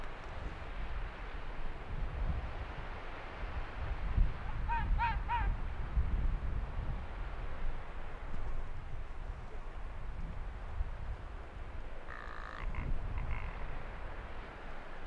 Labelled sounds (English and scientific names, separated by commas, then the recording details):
Arctic Fox (Vulpes lagopus)
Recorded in the wild
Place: Insel Mednyi, Kommandeur-Inseln, RU
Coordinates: 54.5167, 168.083
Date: 1999-07-18 17:29
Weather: leichter Nebel, 7°C, mäßiger Ostwind
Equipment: Sony WM-D6C, Sennheiser ME 80, K 30 AV, Windkorb, Kopie Tascam DA 30
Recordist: Jakupi, Antje
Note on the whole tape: Südosten der Insel, Gerölltal: Bellstrophen aus dem untersten nordöstlichen Teil des Gerölltales. Tier nicht zu sehen. Zuvor bereits fünf Bellstrophen